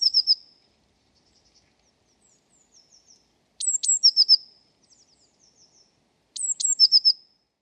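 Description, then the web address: Eurasian blue tit song: a phrase ending at the start, then two sharp high notes and a rapid run of lower buzzy notes, given twice, with faint soft chips between. "cianscape birddata Deverinetal 2025 File origin Bird Only Cy Ca"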